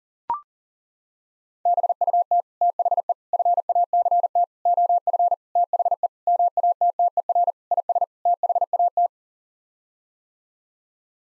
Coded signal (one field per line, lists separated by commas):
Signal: Morse code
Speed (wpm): 40 wpm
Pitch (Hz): 700 Hz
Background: none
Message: BUT THE FACT OF THE MATTER IS THAT